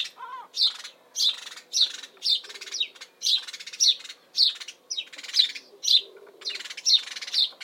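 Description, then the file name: House sparrow calling with a rhythmic series of clear chirps, roughly two per second, each a brief, slightly falling note. Chirp calls in spring, Suffolk, UK. "Bird House Sparrow UKSuffolk Spring Calls Chirp"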